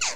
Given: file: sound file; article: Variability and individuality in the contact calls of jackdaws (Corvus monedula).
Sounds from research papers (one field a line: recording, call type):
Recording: jackdaw call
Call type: noisy